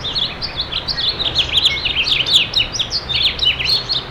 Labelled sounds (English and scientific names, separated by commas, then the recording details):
House Finch (Haemorhous mexicanus) song
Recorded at Freeport on Long Island, New York, on 28 May 2013
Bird C